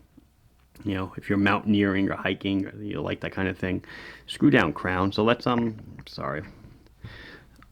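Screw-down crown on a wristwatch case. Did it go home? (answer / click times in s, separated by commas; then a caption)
released / 7.6 s. A screw-down crown on a steel wristwatch case is unscrewed while someone talks. At 7.6 s it springs free of the case threads and pops out to the winding position with a short, sharp click.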